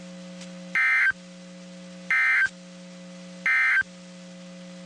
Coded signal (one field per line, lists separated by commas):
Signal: Emergency Alert System (SAME) tones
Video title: Two Severe Thunderstorm Warnings (EAS 2407 & 2408) Double Header